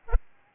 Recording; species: mosquito wingbeat signal from an infrared sensor; Aedes albopictus